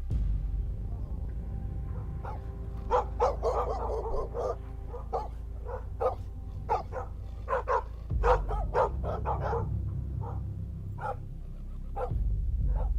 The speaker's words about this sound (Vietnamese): Từ những cánh đồng, tiếng ếch nhái cứ ỉ ỏi vang lên, tiếng chó cắn ma từ trong làng vọng ra.